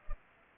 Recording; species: mosquito wingbeat signal from an infrared sensor; Culex pipiens